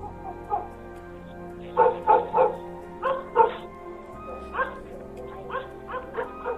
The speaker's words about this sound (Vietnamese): Đến nửa đêm, mọi người đang say giấc nồng, nghe tiếng chó sủa dữ dội, rồi tiếng ăng ẳng như là tiếng chó bị thương, nghe nó thê thảm lắm.